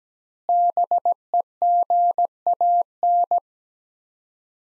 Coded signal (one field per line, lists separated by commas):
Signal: Morse code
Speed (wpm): 17 wpm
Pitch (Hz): 700 Hz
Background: none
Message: BEGAN